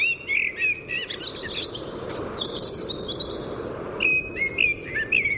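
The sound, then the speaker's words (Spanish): A blackbird sings at the window of a home, a run of fluty, warbling phrases with brief pauses between them, clear and fairly loud above a steady low hum of background noise. “En realidad, este que oímos es el único sonido grabado en el día de hoy, un mirlo en la ventana de casa.”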